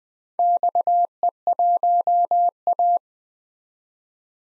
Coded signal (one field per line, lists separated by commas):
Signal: Morse code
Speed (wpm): 20 wpm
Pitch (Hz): 700 Hz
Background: none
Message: XE1A